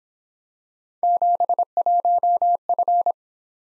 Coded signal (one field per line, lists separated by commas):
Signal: Morse code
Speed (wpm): 25 wpm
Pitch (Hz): 700 Hz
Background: none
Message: 71F